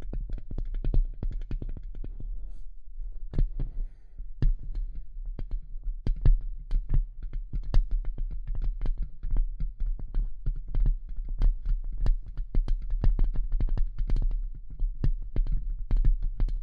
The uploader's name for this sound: Tapping & Scratching